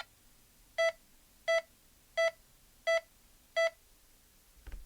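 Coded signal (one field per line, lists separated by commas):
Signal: none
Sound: a computer game's beeps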